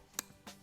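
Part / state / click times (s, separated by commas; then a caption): lens into camera body mount / seated / 0.2 s. An interchangeable lens is lined up white dot to white dot on a Sony a7CR / a7R V camera body and twisted into the mount. A sharp, bright click at 0.2 s marks the bayonet latch engaging, followed by a softer, duller sound near 0.5 s. The lens is seated and locked in the mount.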